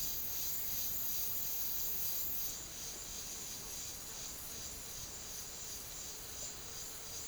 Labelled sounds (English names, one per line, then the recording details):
none
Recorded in secondary vegetation near Puerto Asís, Putumayo, Colombia, on 24 March 2025 at 14:00
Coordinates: 0.489, -76.322
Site G042